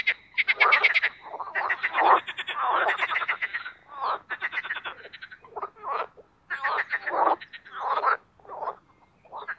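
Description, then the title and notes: Marsh frog chorus, dense, with long stretches of rapid pulsed croaking and trills from several frogs, and brief lulls toward the end. Spring mating chorus in an artificial pond created for water activities at Parc Chédeville, Oise; after a cold night. "au Parc Chédeville dans l'Oise. des grenouilles rieuses"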